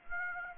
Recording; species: mosquito wingbeat signal from an infrared sensor; Aedes aegypti